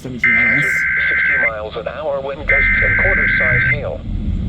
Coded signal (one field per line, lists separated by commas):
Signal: Emergency Alert System (SAME) tones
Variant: header bursts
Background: speech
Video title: HELLO SUMMER 2024.... EAS Alerts from 6/5-6/24 (New EAS 480-487*) (READ DESC)